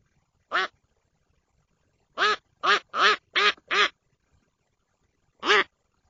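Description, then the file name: Duck giving loud, nasal harmonic quacks: a single quack, then a quick run of five, then one more after a short pause, with near silence between. "Утка"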